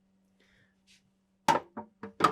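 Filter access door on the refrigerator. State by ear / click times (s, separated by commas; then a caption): seated / 1.5 s. After the water filter is inserted, the small plastic filter access door on the refrigerator is put back down and latches into place with a sharp click at 1.5 s. A few softer knocks follow around 1.8, 2.0 and 2.3 s, over a steady low hum.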